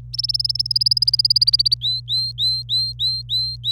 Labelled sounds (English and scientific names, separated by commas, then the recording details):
Domestic Canary (Serinus canaria) song
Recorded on 26 April 2018 at 06:06
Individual llb3